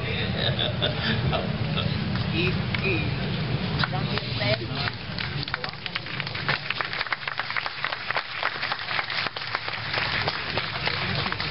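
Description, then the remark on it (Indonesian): A crowd claps in a dense, uneven patter of sharp slaps that builds and holds steady, with a low murmur of voices running underneath throughout. “Anda harus bisa merumuskan yang Anda tepuk tangan itu apa.”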